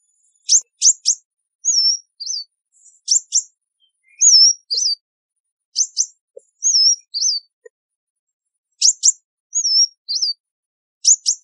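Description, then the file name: Sunbird calls: clusters of two or three sharp high chips alternating with looping whistled notes, with a few faint soft ticks in the background. "Tieng chim hut mat"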